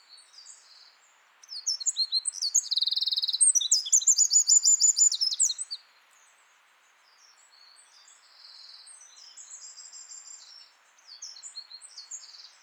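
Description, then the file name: Eurasian wren song: a loud, fast run of high, buzzy trills and twitters lasting several seconds, followed by quieter trilled phrases. "Troglodytes troglodytes"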